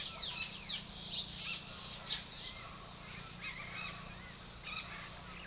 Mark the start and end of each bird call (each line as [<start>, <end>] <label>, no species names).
[0.00, 2.48] bird call
[3.44, 4.03] bird call
[4.60, 5.36] bird call